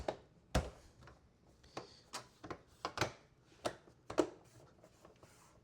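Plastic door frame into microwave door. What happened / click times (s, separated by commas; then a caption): The plastic frame's clips snapped into place / 0.5 s, 2.8 s, 3.7 s, 4.2 s. A plastic door frame of a microwave is lined up with the holes and lightly pressed down into the microwave door so its clips snap in. Sharp plastic snaps are heard at 0.6, 2.9, 3.7 and 4.2 seconds among quieter taps and handling noise. The frame ends up fully seated.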